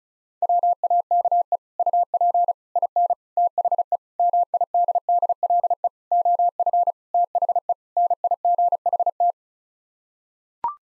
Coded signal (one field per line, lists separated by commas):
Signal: Morse code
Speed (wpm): 34 wpm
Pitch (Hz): 700 Hz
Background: none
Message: WAKE UP IN THE MIDDLE OF THE NIGHT